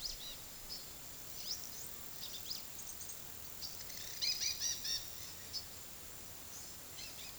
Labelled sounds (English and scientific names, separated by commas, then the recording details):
Palm Tanager (Thraupis palmarum), Dusky-headed Parakeet (Aratinga weddellii)
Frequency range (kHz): Palm Tanager (Thraupis palmarum) 2.2-9.5 kHz; Dusky-headed Parakeet (Aratinga weddellii) 1.0-14.2 kHz
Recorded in pastures near Puerto Asís, Putumayo, Colombia, on 20 February 2024 at 12:30
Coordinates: 0.466, -76.323
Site G6384